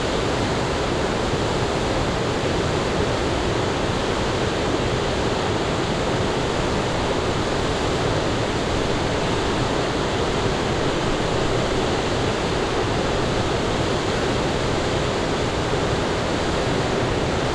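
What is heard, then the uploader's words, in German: A waterfall roars in a dense, unbroken rush, steady throughout, with a deep rumble beneath a bright hiss and no other sounds. Slap Savica in Nord-Slowenien Kollage aus Aufnahmen an verschiedenen Stellen mit verschiedenen Stereowinkeln. Die ersten Aufnahmen sind am Ursprung, die letzten am Ende des Wasserfalls entstanden.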